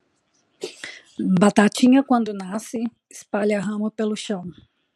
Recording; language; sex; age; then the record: short text; Brazilian Portuguese; female; 30 to 39 years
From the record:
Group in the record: control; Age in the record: 32 years